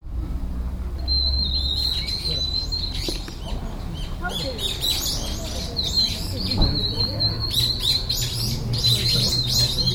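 Bird chirps and a thin high whistled tone over steady low rumbling background noise, with scattered short twittering notes.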